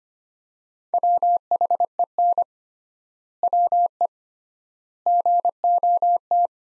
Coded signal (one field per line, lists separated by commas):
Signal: Morse code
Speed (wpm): 25 wpm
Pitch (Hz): 700 Hz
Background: none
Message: WHEN WE GOT